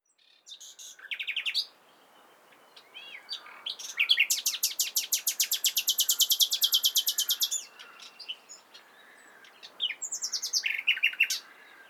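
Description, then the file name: Common nightingale song with a long, buzzy, machine-gun trill of rapid repeated pulses lasting several seconds, framed by shorter chirping phrases. "Luscinia megarhynchos"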